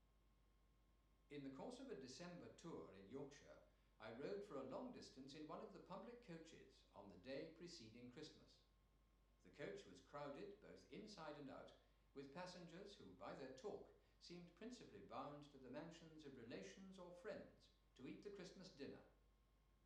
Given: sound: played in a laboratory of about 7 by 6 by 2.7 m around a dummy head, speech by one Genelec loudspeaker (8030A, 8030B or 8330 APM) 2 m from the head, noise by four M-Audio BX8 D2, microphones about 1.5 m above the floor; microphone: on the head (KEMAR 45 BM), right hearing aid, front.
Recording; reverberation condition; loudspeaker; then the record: male speech in English; medium; 150 degrees to the right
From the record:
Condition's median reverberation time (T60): about 510 ms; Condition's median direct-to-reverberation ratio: about -0.5 dB